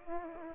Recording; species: mosquito wingbeat signal from an infrared sensor; Aedes aegypti